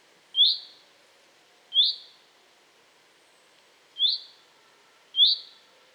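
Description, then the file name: Common chaffinch, four short piercing call notes spaced over a few seconds, nothing else clearly heard. "Fringilla coelebs"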